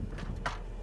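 A plastic dash trim panel clipped around the infotainment unit in a Ford F250 dashboard is pulled free during a navigation (APIM) upgrade. After a low rumbling background, its clips let go with a sharp pop at 0.5 s, and the whole trim piece comes out.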